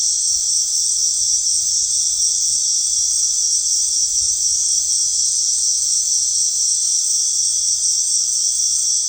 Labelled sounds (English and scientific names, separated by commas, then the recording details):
none
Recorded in dense forest near Puerto Asís, Putumayo, Colombia, on 4 March 2025 at 19:00
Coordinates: 0.499, -76.324
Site GP03